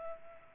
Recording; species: mosquito wingbeat signal from an infrared sensor; Culex pipiens